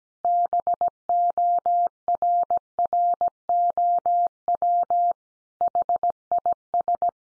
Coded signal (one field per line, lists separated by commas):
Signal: Morse code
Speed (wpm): 17 wpm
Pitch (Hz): 700 Hz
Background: none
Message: BORROW HIS